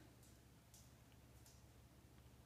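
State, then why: Not seated. A hard drive is lined up with the connector port of a Dell Studio 1537 laptop and handled gently before being pushed home. Faint, brief ticking and scraping sounds occur around 0.7 s and 1.5 s over a low, steady background hum. Nothing has seated or clicked into place yet.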